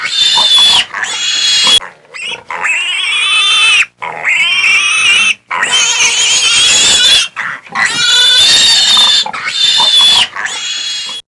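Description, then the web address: Piglet calls as loud piercing squeals, several drawn-out screaming bouts separated by short pauses. "Pigs -Baby"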